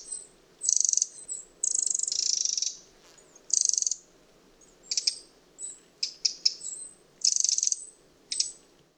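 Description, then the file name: Eurasian wren rattling in short, high, dry bursts, some longer and some clipped, coming irregularly with short gaps. "Troglodytes troglodytes"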